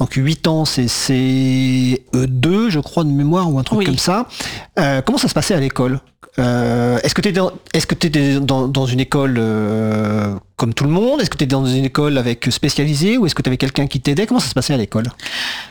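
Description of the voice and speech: An adult speaks fluent French in a clear, moderately pitched voice, asking questions about school life, with ordinary rhythm.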